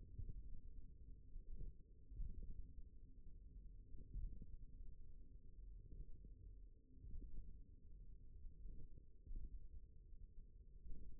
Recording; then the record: forearm muscle sounds (acoustic myography)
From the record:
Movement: finger pinch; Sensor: system 1, eight BSWA MPA416 microphones around the upper forearm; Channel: 4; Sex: male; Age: 41 years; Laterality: right